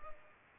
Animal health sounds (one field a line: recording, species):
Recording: mosquito wingbeat signal from an infrared sensor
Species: Culex pipiens